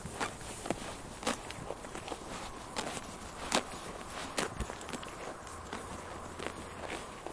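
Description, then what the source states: Sheep chewing, scattered sharp crunches and grass-tearing snaps separated by brief quieter gaps. Sheep chewing while eating grass.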